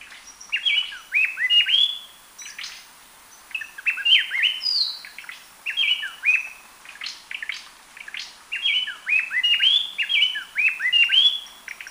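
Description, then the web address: Gray-breasted wood-wren giving bursts of rapid, clear whistled notes, with brief gaps between bursts. Lower subtropical zone, Ecuador. "Birds of Ecuador. Gray-breasted Wood-Wren"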